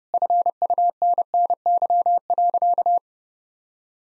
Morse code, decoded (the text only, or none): FUNNY.